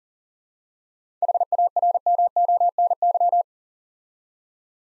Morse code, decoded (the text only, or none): HARMONY